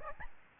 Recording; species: mosquito wingbeat signal from an infrared sensor; Aedes albopictus